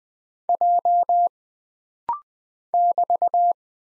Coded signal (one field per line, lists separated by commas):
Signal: Morse code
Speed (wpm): 20 wpm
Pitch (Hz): 700 Hz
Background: none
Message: J <BT>